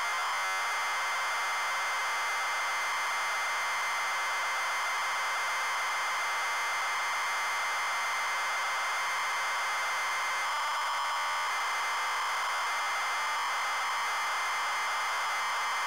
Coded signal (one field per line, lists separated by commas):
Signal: ZX Spectrum tape loading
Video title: Bombjack - Zx Spectrum (Loading & Gameplay)